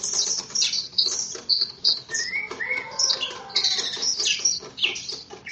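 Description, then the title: Greater green leafbird song, a dense run of high chattering notes with sweet whistled slurs near the middle. "KICAU BURUNG CUCAK IJO"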